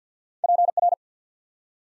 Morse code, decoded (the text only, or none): PR